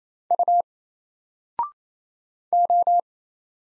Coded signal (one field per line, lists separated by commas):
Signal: Morse code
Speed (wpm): 27 wpm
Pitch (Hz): 700 Hz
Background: none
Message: U O